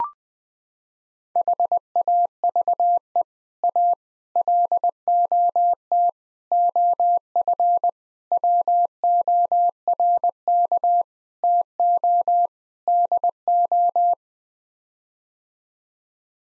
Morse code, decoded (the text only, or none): HAVE A LOT OF WORK TO DO